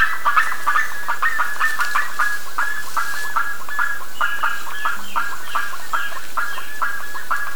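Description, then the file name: Bird calls, a quick irregular series of short honking notes, with a few higher thin squeaks. "SABIOD 50 bird 2015"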